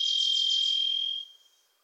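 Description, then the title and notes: Varied thrush holds a steady whistled tone, overlapped by a Wilson's Warbler's quick chattering trill that ends partway through. Sings from deep within trees in forests of the Pacific Northwest, hard to locate; a Wilson's Warbler sings alongside. "The Varied Thrush, Ixoreus naevius, is a wisp in the forests of the Pacific Northwest."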